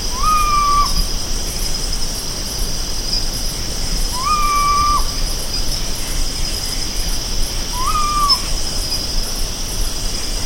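Bird call: three drawn-out, level whistled notes, each under a second, spaced about four seconds apart, over a constant high hiss.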